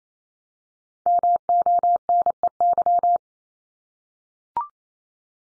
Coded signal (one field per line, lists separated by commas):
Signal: Morse code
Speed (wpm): 28 wpm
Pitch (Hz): 700 Hz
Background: none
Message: MONEY